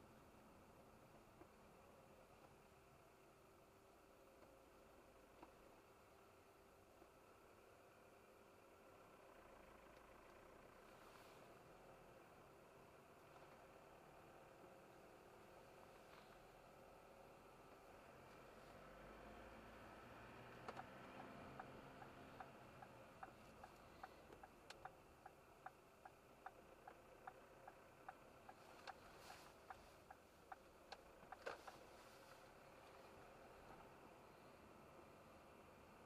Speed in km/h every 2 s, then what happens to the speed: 0, 0, 0, 0, 0, 0, 0, 0, 0, 0, 0, 0, 0, 0, 0, 0, 0, 0.
0-36 standing.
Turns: none.